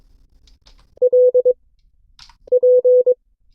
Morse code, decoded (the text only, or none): LP